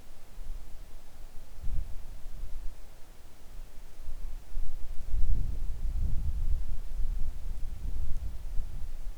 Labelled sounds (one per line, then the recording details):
wind
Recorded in the Arctic National Wildlife Refuge, Alaska, on 3 August 2019 at 10:26
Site 41